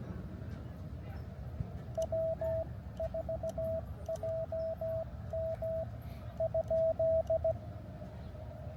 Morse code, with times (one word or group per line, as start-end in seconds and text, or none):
2.0-5.8 W4JM
6.4-7.5 ?